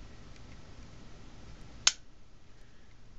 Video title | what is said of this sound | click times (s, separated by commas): new Glock parts & gun show | There it goes. It snaps. | 1.9 s